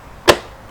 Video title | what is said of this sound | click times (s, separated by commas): Portland 1750 PSI Electric Pressure Washer from Harbor Freight or Amazon. Setup, and review | it is pops right in place once that's on you're | 0.3 s